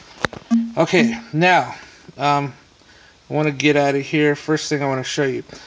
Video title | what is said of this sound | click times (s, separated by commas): Android 4.0 HD 7" 2 Din In-Dash WiFi 3G GPS+Tablet Review | i mean you pay 500 you'd expect this to lock into place okay there it is | 0.2 s